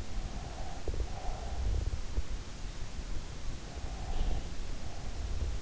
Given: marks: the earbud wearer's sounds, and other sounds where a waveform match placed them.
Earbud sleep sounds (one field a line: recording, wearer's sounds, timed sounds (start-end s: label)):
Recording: sounds in sleep by an in-ear microphone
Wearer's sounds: breath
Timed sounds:
0.08-2.09 s: breath
3.19-5.58 s: breath